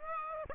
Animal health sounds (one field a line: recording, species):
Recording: mosquito wingbeat signal from an infrared sensor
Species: Aedes aegypti